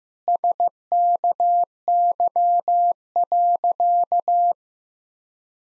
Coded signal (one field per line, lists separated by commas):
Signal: Morse code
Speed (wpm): 15 wpm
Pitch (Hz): 700 Hz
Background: none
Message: SKY.